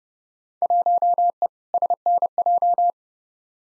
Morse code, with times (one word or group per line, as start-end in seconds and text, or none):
0.6-1.5 1E
1.7-2.9 SNJ